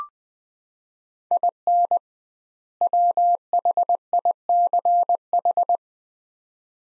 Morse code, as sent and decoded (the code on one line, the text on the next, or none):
.. -. / .-- .... .. -.-. ....
IN WHICH